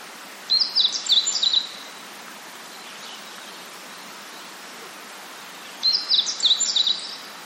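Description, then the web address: Meadow bunting song given twice, each phrase a brisk run of high chirping notes about a second long, separated by some four seconds of quiet hiss. Recorded in 2008. "asahi kenharu 2008 hojiro"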